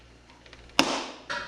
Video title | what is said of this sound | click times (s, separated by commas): Episode 8 Crappie Start To Finish Becoming A Better Crappie Angler Series | it locks okay I mean completely locks I can't open that with my pinky | 0.8 s